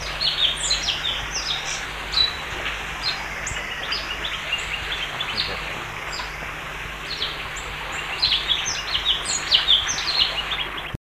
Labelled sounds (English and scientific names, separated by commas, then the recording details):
Javan Leafbird (Chloropsis cochinchinensis) call
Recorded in captivity
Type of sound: call
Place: Vogelpark Walsrode, Niedersachsen, DE
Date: 1976-09-04
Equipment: Halbspur, 9,5 cm/s
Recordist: Lütgens, Hans
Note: Rufe